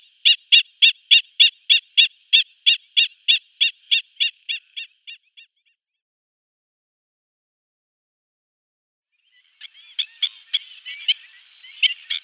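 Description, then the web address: Black-winged stilt uttering a regular run of clipped, nasal kek notes that fades, followed after a silence by a softer, more ragged burst of calls. "Schulze Peter Black-winged Stilt"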